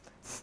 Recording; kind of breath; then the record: one breath in and out by a microphone near the nose and mouth; strong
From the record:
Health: marked as sick, illness not named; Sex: female